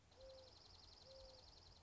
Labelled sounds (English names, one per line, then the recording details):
Dark-eyed Junco
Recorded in Sonoma County, California